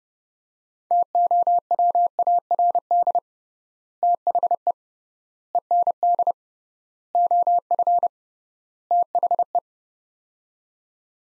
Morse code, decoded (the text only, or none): TOWARD THE END OF THE